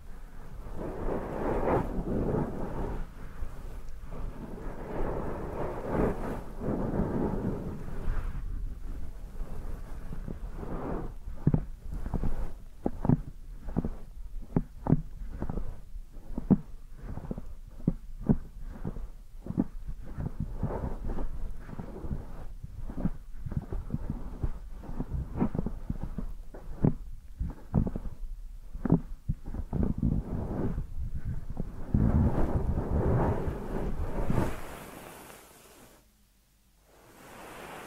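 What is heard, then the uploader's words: A deep ear massage, with rubbing and muffled rumbling right against the microphone. The first ten seconds are dense and blurred, then the sound breaks into fairly regular soft thumps, about two a second, before thickening again near the end and dropping to near silence. ASMR Deep Ear Massage for Sleep(No Talking).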